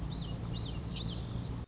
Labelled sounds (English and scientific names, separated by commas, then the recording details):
Common Yellowthroat (Geothlypis trichas)
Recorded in Sonoma County, California